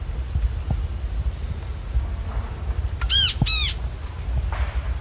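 Bird call, a quick pair of arched, ringing notes near the three-second mark, set against constant low-pitched rumbling noise and faint knocks.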